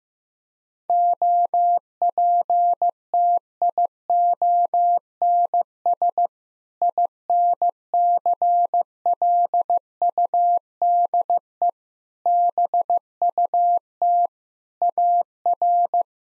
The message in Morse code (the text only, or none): OPTIONS INCLUDE BUT AR